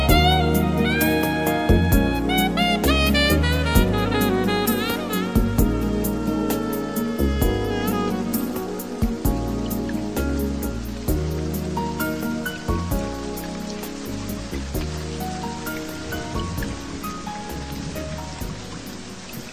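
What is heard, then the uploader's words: Smooth jazz plays over steady rain. A deep bass walks in repeating blocks under sliding, bending melody notes that are busiest in the first few seconds, with crisp cymbal ticks keeping a regular beat. A constant rain hiss fills the background throughout. Smooth Jazz & Rain.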